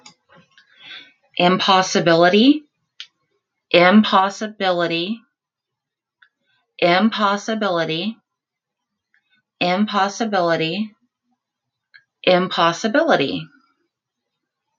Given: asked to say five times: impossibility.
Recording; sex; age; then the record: repeated word; female; 30 to 39 years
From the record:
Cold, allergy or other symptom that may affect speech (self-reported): no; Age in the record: 39 years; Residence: Texas, United States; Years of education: 14